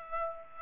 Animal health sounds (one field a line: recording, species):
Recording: mosquito wingbeat signal from an infrared sensor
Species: Aedes aegypti